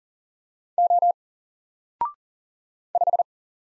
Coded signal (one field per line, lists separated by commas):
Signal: Morse code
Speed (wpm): 38 wpm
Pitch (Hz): 700 Hz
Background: none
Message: O 5